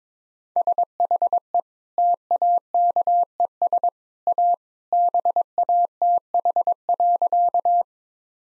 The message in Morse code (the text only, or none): SHE TAKES A BATH.